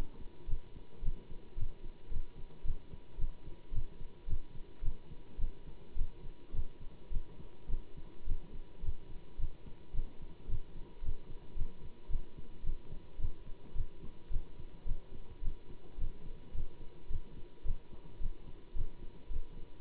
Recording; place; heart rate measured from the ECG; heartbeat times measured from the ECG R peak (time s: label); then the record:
heart sounds by stethoscope; between the tricuspid and mitral areas; 108 bpm
0.47 s: heartbeat
1.02 s: heartbeat
1.56 s: heartbeat
2.10 s: heartbeat
2.64 s: heartbeat
3.18 s: heartbeat
3.72 s: heartbeat
4.27 s: heartbeat
4.82 s: heartbeat
5.38 s: heartbeat
5.95 s: heartbeat
6.53 s: heartbeat
7.10 s: heartbeat
7.68 s: heartbeat
8.25 s: heartbeat
8.82 s: heartbeat
9.38 s: heartbeat
9.93 s: heartbeat
10.48 s: heartbeat
11.02 s: heartbeat
11.55 s: heartbeat
12.09 s: heartbeat
12.63 s: heartbeat
13.18 s: heartbeat
13.74 s: heartbeat
14.30 s: heartbeat
14.85 s: heartbeat
15.41 s: heartbeat
15.98 s: heartbeat
16.53 s: heartbeat
17.09 s: heartbeat
17.64 s: heartbeat
18.20 s: heartbeat
18.75 s: heartbeat
19.29 s: heartbeat
From the record:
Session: Bruce protocol treadmill stress test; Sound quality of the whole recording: good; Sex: male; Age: 25 years